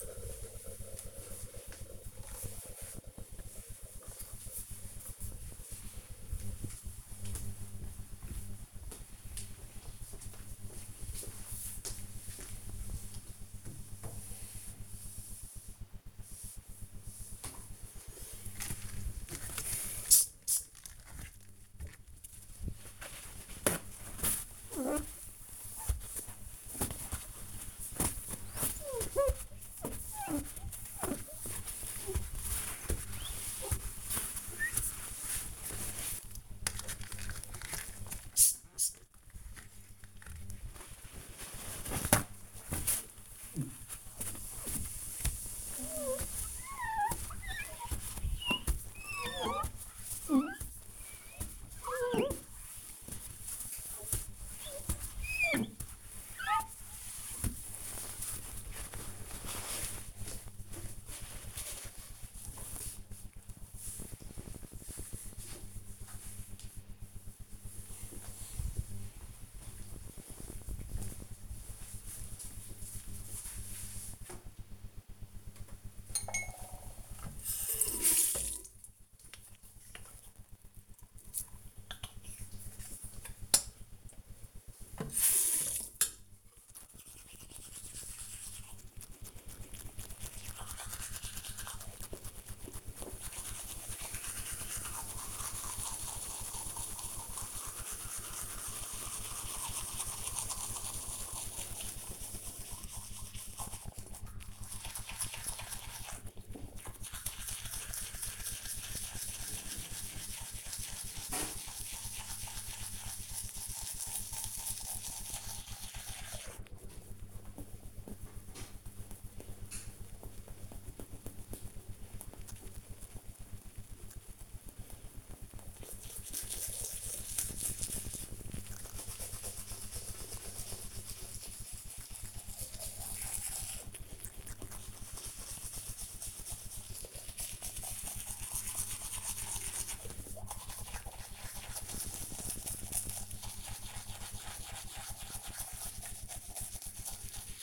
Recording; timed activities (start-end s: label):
household activities, microphone on the right wrist
17.12-62.46 s: window cleaning
75.54-147.63 s: brushing teeth